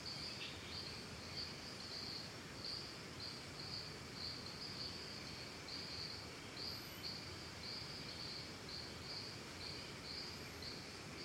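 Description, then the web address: Cricket chirps in an even rhythm of bright pulses throughout, over a continuous soft background hiss. Calm forest and jungle ambience recorded in Costa Rica. "Big Room Sound Birds Crickets Costa Rica Calm"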